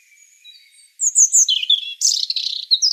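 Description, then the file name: European robin song opening with faint, thin, drawn-out high whistles, then breaking into a rapid, loud cascade of shrill twittering notes. "Erithacus rubecula 240528"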